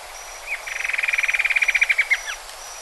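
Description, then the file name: Bird trilling: a fast, evenly spaced series of short notes held at one pitch, finishing with a couple of separate slurred notes. "SABIOD 50 bird 2015"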